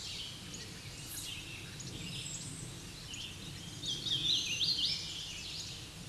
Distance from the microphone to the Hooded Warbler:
about 30 m